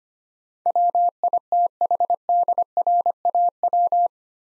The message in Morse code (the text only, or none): WITHDRAW